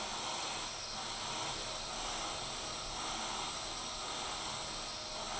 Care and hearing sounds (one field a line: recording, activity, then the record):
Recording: daily activity, microphone in the room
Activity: vacuum cleaning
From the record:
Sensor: 5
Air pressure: 999.4 hPa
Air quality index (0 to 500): 226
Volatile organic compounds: 23 ppm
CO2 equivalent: 2768 ppm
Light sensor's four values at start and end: 34/79/31/30 and 34/79/31/30